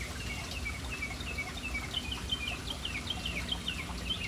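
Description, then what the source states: Bird chirps, a steady stream of quick high notes, growing busier toward the end. Birds in a city, hanging around a fountain in an urban setting.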